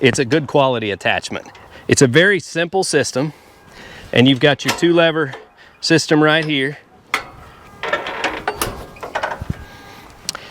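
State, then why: Seated. Someone talks, then the two levers of a Landtop Mall three-point skid-steer quick-attach adapter on a subcompact tractor are worked, and their steel pins lock the attachment plate into place. Sharp metallic clicks land at 7.1 s and 10.3 s, with smaller knocks in between, and the attachment ends up locked on.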